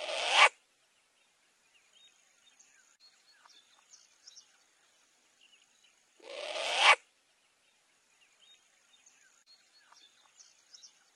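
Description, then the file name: Short-eared owl uttering a loud, breathy rasp at the start and another about six seconds later, each building to an abrupt stop; soft bird chirps in the background. "Canto da Coruja do nabal"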